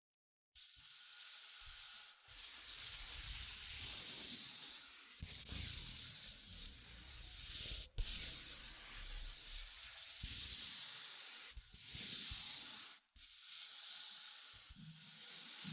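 Tapping and scratching give a dense, bright hiss that runs steadily, broken by short gaps near 2, 5, 8, 11.5 and 13 seconds.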